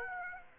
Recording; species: mosquito wingbeat signal from an infrared sensor; Aedes aegypti